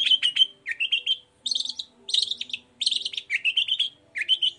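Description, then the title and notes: Long-tailed shrike song: short phrases of buzzy, warbling high notes, some sliding upward, separated by brief gaps. Cendet in morning song with varied 'toet toet' phrases, used as a lure to provoke other long-tailed shrikes into answering. "Langsung NYAUTTTTT ! Cendet Gacor Dor Di Kala Pagi Toet Toet Variasi Suara. Pancingan Emosi Cendet Gacor Full Variasi Toet Toet Bikin Nyaut Cendet Lain Langsung Ikutan Bunyi. Burung cendet"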